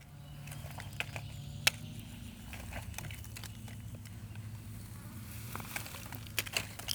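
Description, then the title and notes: Grasshoppers hopping, heard as many sharp dry ticks and crackles scattered irregularly throughout over a steady low hum, with a few louder clicks near the end. Hundreds of small grasshoppers colonising a fallow field at Parves-et-Nattages, France, leaping onto dead leaves when disturbed by footsteps; recorded with Soundman OKM Classic stereo AB and Zoom H4n Pro. "Champs - Parves-et-Nattages, France - Des sauterelles bondissent sur les feuilles mortes. des centaines de petites sauterelles ont collonisé cette friche végétale"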